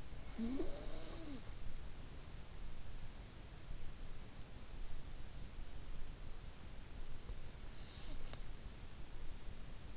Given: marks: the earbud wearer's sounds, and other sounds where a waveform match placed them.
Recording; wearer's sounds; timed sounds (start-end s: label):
sounds in sleep by an in-ear microphone; snoring breath, breath
0.00-1.74 s: snoring breath
6.90-8.64 s: breath